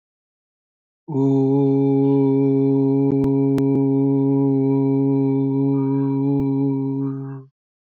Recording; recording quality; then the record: sustained vowel as in boot; excellent, no background noise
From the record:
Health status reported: exposed to COVID-19, no respiratory illness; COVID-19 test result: not tested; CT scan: not taken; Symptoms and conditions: none ticked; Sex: male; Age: 27 years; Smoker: yes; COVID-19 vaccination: both doses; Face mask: not worn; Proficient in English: yes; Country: India